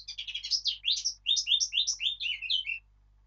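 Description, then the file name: Eurasian blackcap song: a rapid warbled run of varied notes, then a clear fluty phrase of whistled, rising and falling slurs, lasting under three seconds over a quiet background. "Sylvia atricapilla"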